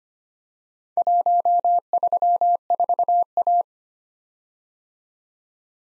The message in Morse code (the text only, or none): 134A